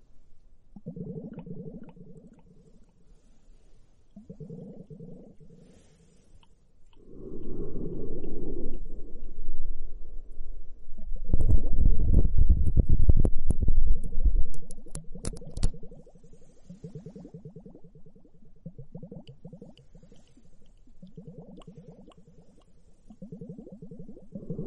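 Soft, low bubbling massage sounds come in rhythmic bursts of fizzing foam, pausing briefly between passes. Around seven seconds a louder rushing swirl arrives, and from about eleven to fifteen seconds a dense crackling, popping stretch dominates before the gentle pulsing bubbles return.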